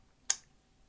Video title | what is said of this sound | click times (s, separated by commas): New Helmet Day // Specialized S-Works Evade II w/ MIPS & ANGi 🚲🦅 | which locks into place. | 0.3 s